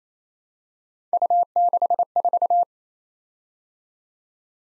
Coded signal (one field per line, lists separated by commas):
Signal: Morse code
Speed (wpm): 28 wpm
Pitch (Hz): 700 Hz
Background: none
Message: U64